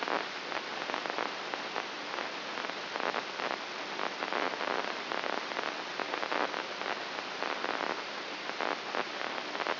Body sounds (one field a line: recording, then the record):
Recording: brain microelectrode recording played as sound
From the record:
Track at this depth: inside the subthalamic nucleus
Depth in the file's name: 2.24 mm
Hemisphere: right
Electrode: 2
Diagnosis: Parkinson's disease